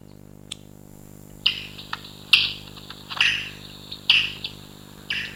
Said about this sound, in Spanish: Por hacernos un poco esa idea, a veces lo que podemos escuchar del murciélago puede ser algo parecido a esto, a ver si se escucha.